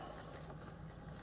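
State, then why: Not seated. A small plastic antenna adapter plug is handled at its port on the back of a car radio, with only a steady, low rumbling noise and faint handling sounds throughout. Nothing has seated or clicked yet.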